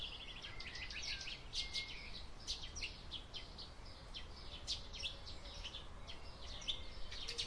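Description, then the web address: Birds calling in a dense chorus of rapid high chirps and short trills, close together throughout, over a quiet low background noise. Summer birds on a quiet day. "il suono degli uccelli estivi in una giornata tranquilla"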